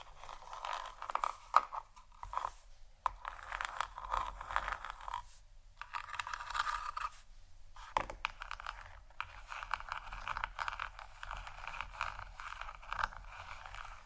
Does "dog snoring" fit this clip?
no